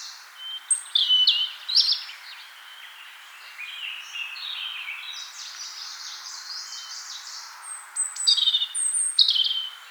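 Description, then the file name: European robin song: thin, high, varied warbling phrases, with a loud burst near the start, a softer rambling stretch in the middle, then bright, sharp phrases again near the end. "Erithacus rubecula"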